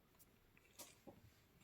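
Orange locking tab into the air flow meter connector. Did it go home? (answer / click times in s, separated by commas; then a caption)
no / none. On a Citroën DS4 2.0 HDI, during a battery replacement, the small orange plastic locking tab is being handled at the air flow meter connector, producing a few brief, faint plastic handling noises. The tab has not snapped home and nothing has seated or clicked yet.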